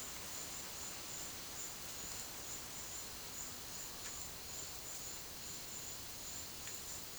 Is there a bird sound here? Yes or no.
no